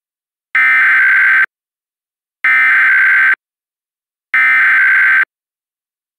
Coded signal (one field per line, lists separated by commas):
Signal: Emergency Alert System (SAME) tones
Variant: header bursts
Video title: EAS Mock: Sweet Home Alabama